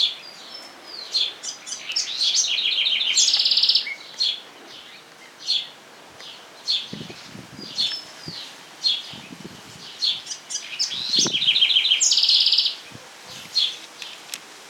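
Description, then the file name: Wren singing: quick tumbling notes running into a dense rattling trill, repeated twice roughly nine seconds apart, separated by quieter chips and a few soft knocks. "ratona voz"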